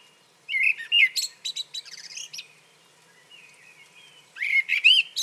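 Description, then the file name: Common blackbird singing a warbled phrase that trails into a run of squeaky high twitters, then a second fluty phrase begins after a pause. "Turdus merula"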